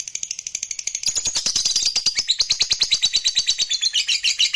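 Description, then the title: Lovebird chattering song, a fast run of sharp high chirps that grows louder and denser after the first second, continuing steadily to the end. A lovebird that is reluctant to sing, made to sing spontaneously and with intensity. "LOVEBIRD Malas Bunyi JADI GREGET SPONTAN Langsung NARIK"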